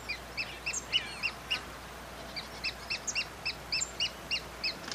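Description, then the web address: Pearl kite giving high, thin chipping notes, first scattered and uneven, then a steadier run of quick repeated calls after a brief gap. "sound Pearl-kite. دانلود-صدای-پرنده-کورکور-مرواریدی"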